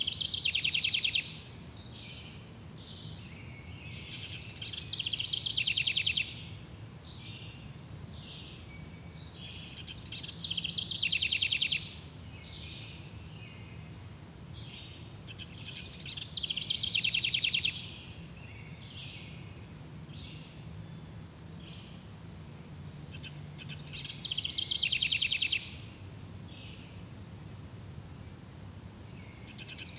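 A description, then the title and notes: Birdsong in a northern forest, with bright chirping phrases arriving in bursts about every five to seven seconds, at roughly 1, 5, 10, 16 and 24 seconds. A steady high insect hiss and a soft low rumble fill the gaps between songs. Relaxing Forest Birdsong in the North Woods of Wisconsin.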